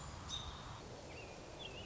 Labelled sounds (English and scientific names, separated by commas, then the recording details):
American Robin (Turdus migratorius)
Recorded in Sonoma County, California